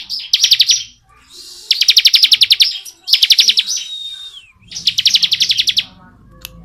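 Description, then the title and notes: Bar-winged prinia delivering fast, high, stuttering trills in four bursts, one slurring into a descending whistle, with quiet low background sounds. Ciblek 'ngebren' song style, used as tutor audio for white-rumped shamas (murai batu). "Ciblek Ngebren Untuk Masteran Murai Batu. Suara burung ciblek - Suara Nada"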